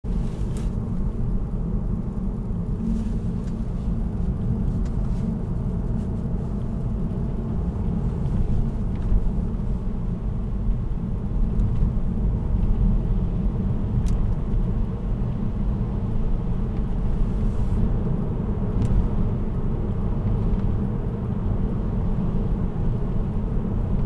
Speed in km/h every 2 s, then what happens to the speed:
55, 52, 52, 54, 55, 60, 61, 63, 61, 63, 62, 64.
4-11 speeds up to 61. 11-24 steady at about 62.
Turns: none.